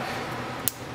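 A seating ring is pressed around the inner part of the power-window motor adapter, which sits in the door regulator of a 2016 Silverado W/T during a manual-to-power window conversion. Over a steady low background, a single sharp tick is heard at 0.7 s as the ring seats in place.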